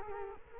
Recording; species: mosquito wingbeat signal from an infrared sensor; Culex quinquefasciatus